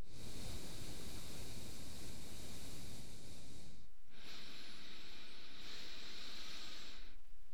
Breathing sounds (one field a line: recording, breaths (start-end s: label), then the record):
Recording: nose breathing near a microphone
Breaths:
0.00-4.07 s: exhalation
4.07-7.44 s: inhalation
From the record:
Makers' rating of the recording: medium